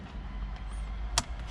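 A small plastic wiring harness connector is pushed into its socket on the back of an aftermarket PX6 six-core 12.1-inch Android 8.1 radio head unit for a 2014 Dodge Ram with manual A/C. Over a steady low hum, a single sharp snap rings out at 1.2 s. The connector is seated.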